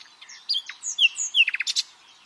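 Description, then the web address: Common nightingale song phrase: slurred whistles rising and falling, followed by a quick cluster of sharp, clipped notes. "pub SETE data Luscinia megarhynchos"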